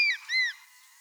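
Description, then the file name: Crested serpent eagle giving loud whistled calls: a falling note, then an arched, ringing whistle with overtones, fading into a faint steady tone. "elang ular bido"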